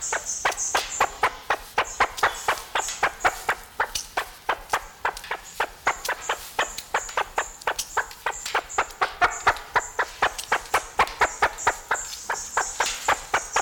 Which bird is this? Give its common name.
Great Argus